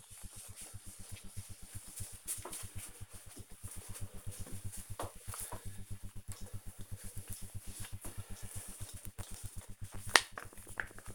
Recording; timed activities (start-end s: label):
household activities, microphone on the right wrist
6.08-11.15 s: cream hands